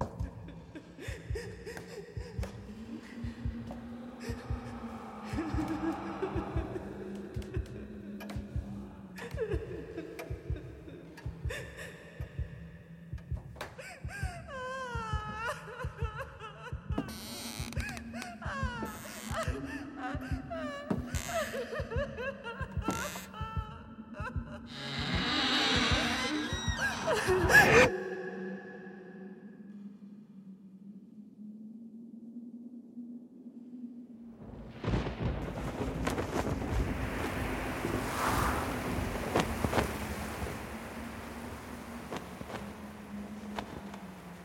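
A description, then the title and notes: Spooky Halloween sounds: a steady low thumping pulse under wavering moans and scattered clicks, then a hum, silence, and a rushing noise burst. Spooky Sounds For Halloween.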